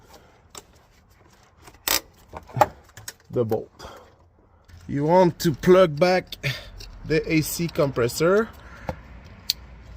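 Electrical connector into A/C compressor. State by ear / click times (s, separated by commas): seated / 9.5 s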